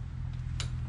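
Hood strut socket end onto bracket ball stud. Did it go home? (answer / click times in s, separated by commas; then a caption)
yes / 0.6 s. A hood strut for a JK or JL has its socket end pushed onto the ball stud of a metal mounting bracket before the bracket is drilled and mounted. A short, sharp pop is heard at 0.6 s over a steady low hum. The strut end seats onto the ball stud.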